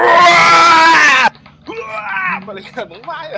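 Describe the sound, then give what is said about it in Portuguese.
A loud, harsh, sustained scream for over a second cuts off abruptly, followed by strained, wavering cries and groans that rise and fall in pitch, like someone in agony, imagined as a character screaming in limbo. “Imagina, Toff gritando lá no limbo.”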